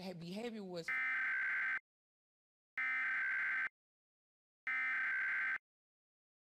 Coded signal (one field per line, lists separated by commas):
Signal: Emergency Alert System (SAME) tones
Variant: header bursts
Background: speech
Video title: EAS Scenario - Close Call